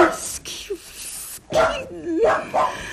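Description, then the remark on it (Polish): Mrs. Palladino's poodle yaps in a string of sharp, high-pitched barks, some sliding into whiny yips, barking as she falls into a trance, with a busy background of other sound beneath them. “To tylko pudel pani Palladino. Szczeka, gdy ona wpada w trans.”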